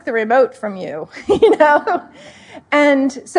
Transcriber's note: laughter